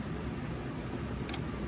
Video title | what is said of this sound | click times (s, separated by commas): My Custom LEGO UCS Slave 1 (Boba Fett’s spaceship) | There we go, snapped in place that easily. | 1.3 s